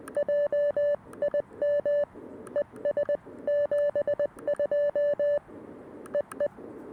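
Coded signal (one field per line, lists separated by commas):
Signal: Morse code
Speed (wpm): 20 wpm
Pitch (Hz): 590 Hz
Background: none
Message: JIM ES 72 EE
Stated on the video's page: Morse code keyed for a quick parks on the air activation using a CFT-1 radio and a PERformer 17-foot whip antenna, covering 20m to 10m.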